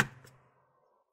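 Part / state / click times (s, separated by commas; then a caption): plastic bottom cover clips releasing from the laptop chassis / released / 0.2 s. A guitar pick is wedged between the plastic bottom cover and the chassis of an HP Envy x360 15m laptop, opened at a 45-degree angle, and wiggled to pry the cover loose. A sharp knock at the start rings down quickly, then a small bright click at 0.2 s marks a clip releasing. The cover's clips pop open as expected, which is the normal sound.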